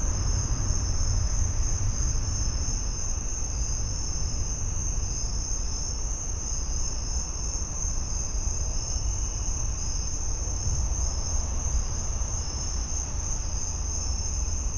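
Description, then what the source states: Crickets trilling together in a steady high chorus, with a fainter pulsing insect buzz higher up at times, over a deep continuous rumble. In a suburban back yard.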